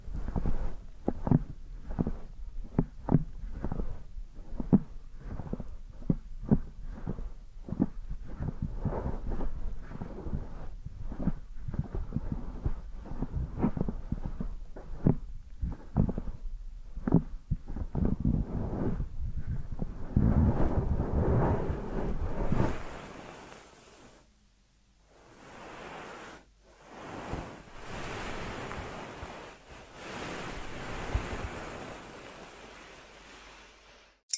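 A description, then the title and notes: An ear massage with rhythmic, soft thumping rubs, dense and low, pulsing rapidly through the first twenty-odd seconds. Around twenty-three seconds it shifts to a brighter, steady rushing hiss that surges and fades, with brief near-silent gaps. ASMR Deep Ear Massage for Sleep(No Talking).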